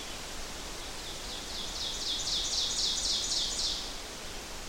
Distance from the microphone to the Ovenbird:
about 30 m